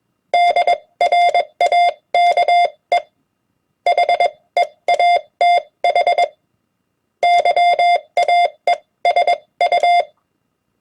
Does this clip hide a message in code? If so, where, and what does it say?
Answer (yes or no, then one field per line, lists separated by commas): yes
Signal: Morse code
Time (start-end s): 0.3-10.0 s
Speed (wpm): 21 wpm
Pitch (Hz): 700 Hz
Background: none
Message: DRAKE HEATH YAESU